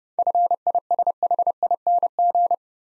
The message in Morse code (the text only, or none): FISHING